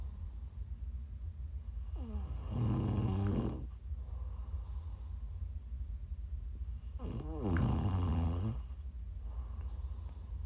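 Snoring from a sleeping adult woman, ASMR style: two loud, low-pitched snores about five seconds apart, with quieter breathing between them.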